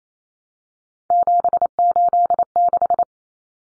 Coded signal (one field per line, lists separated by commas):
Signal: Morse code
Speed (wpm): 28 wpm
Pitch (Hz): 700 Hz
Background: none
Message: 786